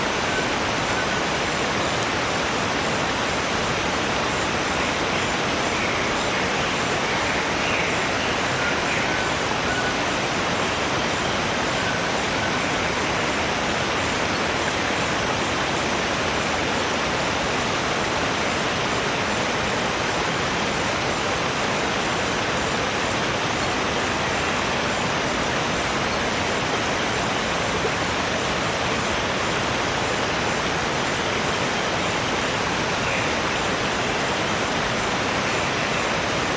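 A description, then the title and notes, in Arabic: A waterfall roars in a dense, unbroken rush that stays steady and even throughout, with a faint thin high buzz running along the top. شلالات وحياة برية في الشفق.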